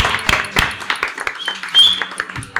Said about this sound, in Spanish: Un aplauso para ella.